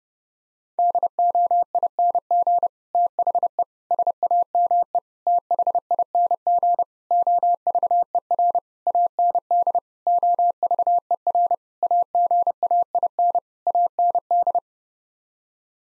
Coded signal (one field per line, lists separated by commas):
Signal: Morse code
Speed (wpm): 32 wpm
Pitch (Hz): 700 Hz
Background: none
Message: DOING THE SAME THING OVER AND OVER AGAIN AND